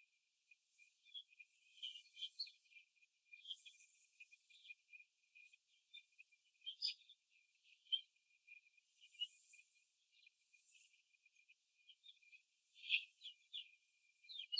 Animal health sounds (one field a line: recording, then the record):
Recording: young laying hens in a cage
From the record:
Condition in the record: after the stressor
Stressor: simulated dog barking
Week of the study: 2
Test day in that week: 2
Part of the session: 3